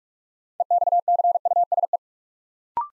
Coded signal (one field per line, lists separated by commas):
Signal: Morse code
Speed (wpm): 44 wpm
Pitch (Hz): 700 Hz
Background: none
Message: EXCUSE